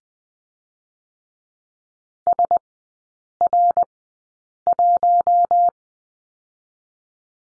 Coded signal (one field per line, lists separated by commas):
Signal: Morse code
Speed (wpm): 20 wpm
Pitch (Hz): 700 Hz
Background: none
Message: S R 1